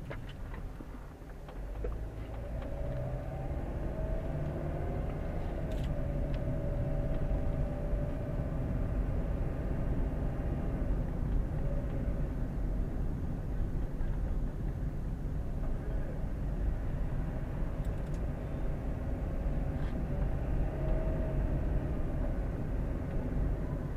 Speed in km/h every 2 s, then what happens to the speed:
7, 14, 20, 23, 26, 26, 24, 21, 20, 22, 25, 26.
0-8 speeds up to 26. 8-15 slows to 20. 15-24 steady at about 22.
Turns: none.